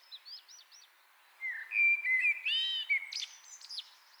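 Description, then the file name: Common blackbird song: a short fluted warble near the middle ending in squeaky high twitters, with thin high chirps before it. "Turdus merula"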